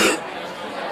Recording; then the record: coughing mixed with background sound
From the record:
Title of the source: 60 coughing still (deep and wet cough)